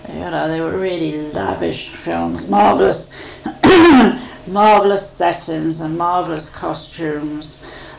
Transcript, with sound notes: You know, they were really lavish films, marvellous, [coughs] marvellous settings and marvellous costumes.